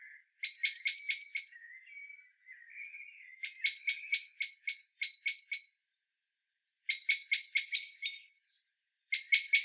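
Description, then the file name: Common blackbird giving hard chack notes in rapid runs, broken by brief gaps and faint squeaky sounds between the runs. "Turdus merula"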